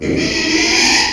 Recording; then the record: squeal of a Yucatan mini pig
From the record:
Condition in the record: after surgery on the right vocal fold (resection and tissue-engineered implant); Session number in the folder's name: 2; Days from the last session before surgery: 13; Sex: male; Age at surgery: 12 weeks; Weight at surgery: 13 kg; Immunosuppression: cyclosporine, prednisolone